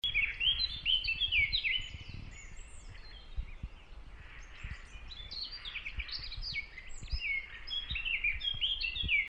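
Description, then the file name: Eurasian blackcap warbling song, a varied run of quick, melodious chirps and twitters over steady background hiss, with occasional low thumps. "Sylvia atricapilla"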